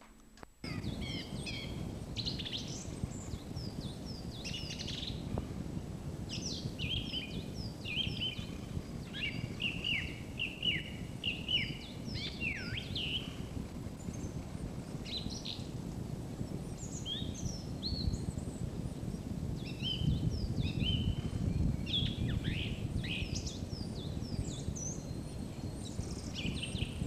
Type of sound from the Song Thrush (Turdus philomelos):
song